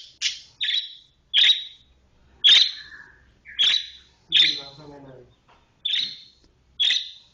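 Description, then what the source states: Oriental magpie-robin giving sharp, harsh chirps about once a second, each note short and high, with a faint low buzz in one gap. Kacer chirping.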